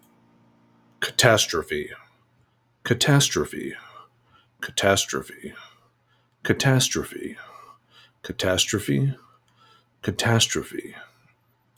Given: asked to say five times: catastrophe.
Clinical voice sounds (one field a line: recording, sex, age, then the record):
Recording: repeated word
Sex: male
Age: 40 to 49 years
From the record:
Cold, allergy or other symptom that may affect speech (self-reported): no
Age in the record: 46 years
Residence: New York, United States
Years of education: 12